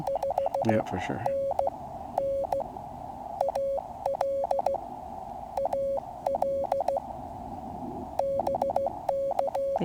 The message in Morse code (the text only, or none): 5NN AL AL BK